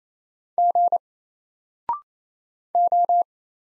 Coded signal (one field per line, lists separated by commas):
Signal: Morse code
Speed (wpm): 28 wpm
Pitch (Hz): 700 Hz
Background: none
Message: G O